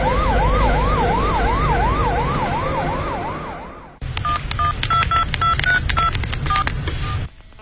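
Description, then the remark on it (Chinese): A rising-and-falling siren wails for a few seconds, then cuts off, followed by a quick run of high, beeping phone keypad tones as a woman's husband's number is dialed; the call does not connect because his phone is switched off. No speech. “您丈夫的电话还没打通啊？”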